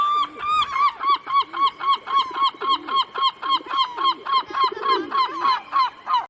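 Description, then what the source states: Black-headed gull calling: a rapid, regular series of harsh, nasal yelping notes. Named seabird of the year; not doing well, as its habitat is becoming drier and it finds fewer earthworms.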